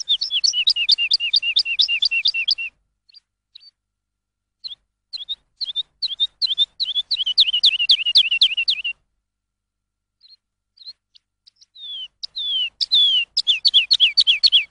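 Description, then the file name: Lark song: bursts of rapid, repeated high chirps sliding downward, separated by short pauses and scattered single notes, with no other sounds. Masteran training song for songbirds. "suara masteran lark"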